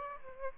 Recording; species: mosquito wingbeat signal from an infrared sensor; Aedes albopictus